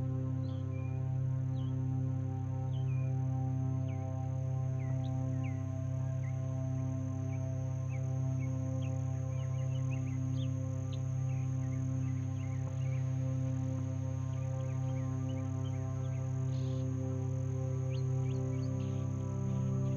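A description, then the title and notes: Birds chirp throughout at a marina, short bright calls scattered densely across the whole stretch. Underneath runs a steady, unchanging low drone of sustained layered tones, like ambient music, holding an even level from start to finish. Calming Ambient Music with Bird Sounds. Peaceful sounds of birds saying hello as boats pass by in the distance at a marina outside of Nashville, TN.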